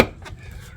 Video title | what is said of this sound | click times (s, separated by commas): Harley Davidson Forty-Eight Seat. | locks into place | 0.0 s